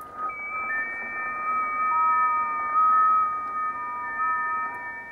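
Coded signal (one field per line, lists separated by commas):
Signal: FT8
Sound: several overlapping steady whistling tones at different pitches, slowly shifting, over faint hiss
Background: radio static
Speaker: the whistling sound you can hear that's the [Music] [Applause] that's the the signal of the ft8 signal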